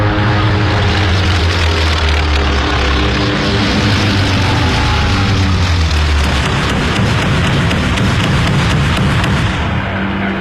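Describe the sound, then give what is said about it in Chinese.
An American propeller-driven torpedo bomber of Torpedo Squadron 8, flown by 25-year-old Ensign George Gay, roars in a dive toward the Japanese fleet, its loud engine drone thick with low harmonic hum and broad rushing noise, the tone shifting and growing rougher partway through. “25岁的乔治·盖伊少尉驾驶飞机朝日军舰队俯冲了下去。”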